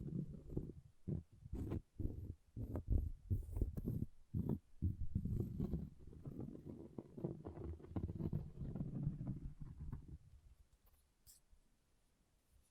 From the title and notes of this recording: ASMR Brain Melting Object Scratching (No Talking).